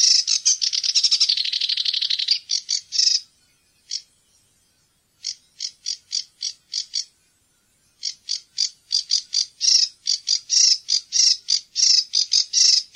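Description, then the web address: Sedge warbler delivering a jerky song: rapid churring chatter, broken by short silences, then bursts of harsh clicking notes repeated quickly. "fuglelyder sivsanger"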